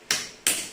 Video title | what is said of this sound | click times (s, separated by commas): Tugas Uas Perangkitan Motherboad | kan tadi sudah berbunyi klik berarti pemasangan baterai Cosmos ini sudah benar | 0.1 s, 0.5 s